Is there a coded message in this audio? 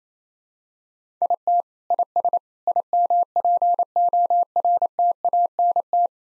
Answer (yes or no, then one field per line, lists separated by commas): yes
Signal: Morse code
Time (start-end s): 1.2-6.1 s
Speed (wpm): 27 wpm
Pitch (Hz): 700 Hz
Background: none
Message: IT IS IMPORTANT